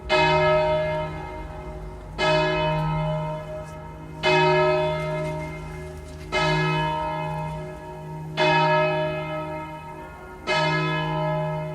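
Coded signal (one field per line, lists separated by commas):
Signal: bell signal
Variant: distesa, single bell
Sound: a single large church bell struck about every two seconds, six strikes ringing on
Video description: Segnale orario (composto da ritornello dell'Ave Maria di Lourdes e battiore) e Distesa del Mi♭³ come Angelus feriale delle ore 12.00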